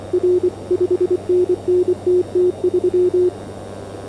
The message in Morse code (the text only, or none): R 5NN TT3